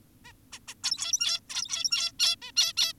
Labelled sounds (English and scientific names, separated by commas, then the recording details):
Zebra Finch (Taeniopygia guttata)
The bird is an adult
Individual g17y2U